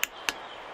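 A small 3–25 Nm click-type torque wrench, set to 15 Nm, is tested during assembly of a new-version OneSport OT16 folding electric bike. It gives two sharp, bright clicks at 0.0 s and 0.3 s over a faint steady background hiss. The clicks confirm that the wrench releases when the set tightening force is reached.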